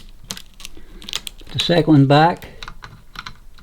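A second ribbon cable segment is being handled near its connector on the power supply circuit board of an LG OLED 55B7A TV during a board replacement. Someone talks over scattered light clicks and taps from the handling. Nothing has seated or clicked yet.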